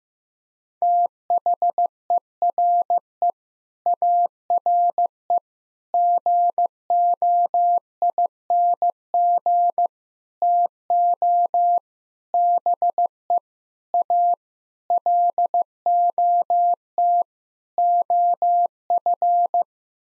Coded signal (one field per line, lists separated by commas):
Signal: Morse code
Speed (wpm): 15 wpm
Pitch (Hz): 700 Hz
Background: none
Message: THERE ARE GOING TO BE A LOT OF